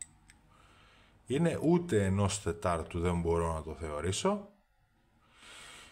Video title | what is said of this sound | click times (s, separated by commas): [Greek Vape Review] Neeko MTL RTA By Aspire ( Juicy Vapes Malia Crete ) | στροφή ούτε τίποτα ένα κλακ είναι ακούστε κλακ αυτό είναι | 0.0 s